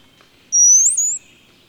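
Bird song, a single very high, clear whistled note that rises, lasting under a second.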